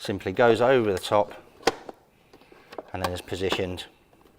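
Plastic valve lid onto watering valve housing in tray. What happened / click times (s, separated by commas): Handled, not yet home: plastic lid positioned over the valve, not yet snapped on / none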